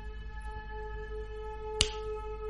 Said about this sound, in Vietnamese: Tách một tiếng, Chu Nhị Kha búng tay một cái trong điện thoại